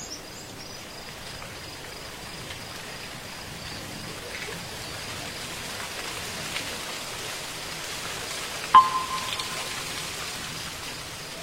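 Night insects keep up a steady, thin hiss with a faint high whine running through it. Near the ninth second a single short, bright knock rings out briefly and fades, and a few soft taps scatter across the background.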